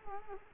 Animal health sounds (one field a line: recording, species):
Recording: mosquito wingbeat signal from an infrared sensor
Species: Culex quinquefasciatus